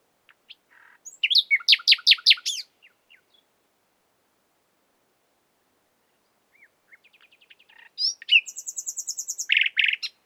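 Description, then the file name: Common nightingale sings a rapid run of sharp repeated notes, falls silent for several seconds, then gives soft ticking notes and a bright, buzzy trill. "Luscinia megarhynchos"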